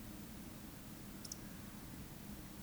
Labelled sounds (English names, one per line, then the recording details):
Eurasian Woodcock whistle
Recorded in Baden-Württemberg, Germany, on 14 May 2021 at 19:45 UTC
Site 25175, 602 m above sea level